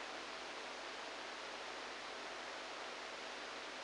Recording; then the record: brain microelectrode recording played as sound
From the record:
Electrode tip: inside the subthalamic nucleus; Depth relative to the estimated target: 0 mm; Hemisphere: right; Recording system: NeuroSet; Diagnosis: Parkinson's disease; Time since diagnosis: 10 years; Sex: male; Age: 63 years